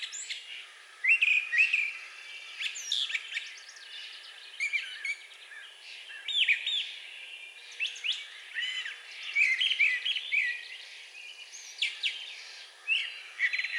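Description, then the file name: Brown thrasher song with scattered varied chirps and short buzzy phrases over a faint steady background hiss. Recorded on 4 June 2020. "2020-06-04 Brown Thrasher"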